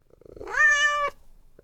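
Domestic cat giving a single drawn-out meow, rising slightly then holding steady before stopping abruptly, about 0.7 seconds long, in otherwise quiet surroundings.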